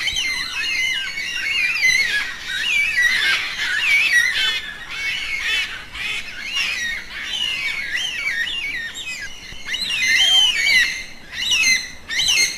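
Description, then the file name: Yellow-tailed black cockatoo calls: a continuous stream of wavering, screechy notes, rising and falling in loudness throughout. "Canto da cacatua funebre"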